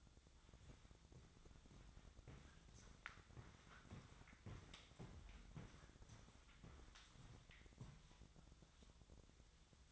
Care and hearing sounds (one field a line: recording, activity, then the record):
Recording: daily activity, microphone in the room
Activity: walk to room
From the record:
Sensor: 3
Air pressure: 999.4 hPa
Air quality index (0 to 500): 197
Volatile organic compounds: 44 ppm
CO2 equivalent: 3217 ppm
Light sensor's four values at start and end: 8/19/7/7 and 8/18/7/7